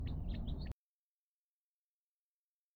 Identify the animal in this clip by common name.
House Finch